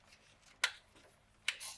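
A plastic wiring-harness electrical connector is plugged into a new alternator on a Toyota FJ Cruiser, since it needs to click to be seated. Two sharp, bright clicks sound at 0.6 s and 1.5 s against a quiet background. The connector is seated.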